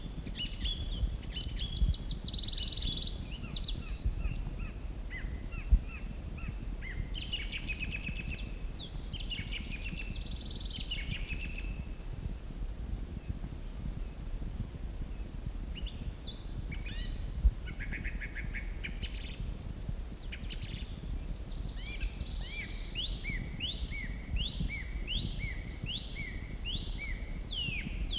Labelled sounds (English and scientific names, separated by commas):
Song Thrush (Turdus philomelos) song